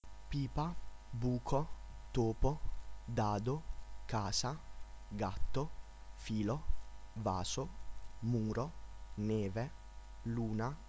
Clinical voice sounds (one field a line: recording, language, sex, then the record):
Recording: read list of words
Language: Italian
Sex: male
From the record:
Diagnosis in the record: healthy control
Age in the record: 19 years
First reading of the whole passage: 46 s, 11.4 characters per second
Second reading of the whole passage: 54 s, 9.6 characters per second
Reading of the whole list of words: 54 s, 5.2 characters per second